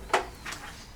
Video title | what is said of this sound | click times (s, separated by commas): Monoprice Dual Extrusion 3D Printer unboxing - WATCH FIRST - WE GOT IT FOR THE DRONES IN SCHOOLS | on one side lightly push on the other side until it clicks it all the way | 0.1 s